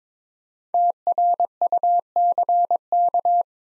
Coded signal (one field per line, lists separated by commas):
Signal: Morse code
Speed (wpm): 22 wpm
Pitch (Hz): 700 Hz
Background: none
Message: TRUCK